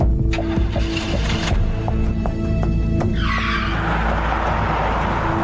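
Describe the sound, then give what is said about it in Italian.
A car engine rumbles low and steady, then about halfway through a harsh, hissing tire skid rises and holds as the car pulls away with a man at the wheel. No voices are heard. “E ho visto la macchina di papà che ripartiva con lui al volante, con lo sguardo molto teso, duro, guardava dritto davanti a sé, come se volesse tenermi da parte.”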